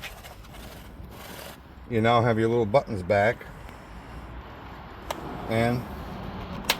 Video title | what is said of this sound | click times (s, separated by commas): Mercedes R170 door threshold buttons | it's pretty easy. You just snap right in place. | 6.7 s